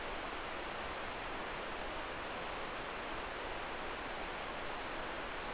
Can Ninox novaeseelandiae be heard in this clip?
no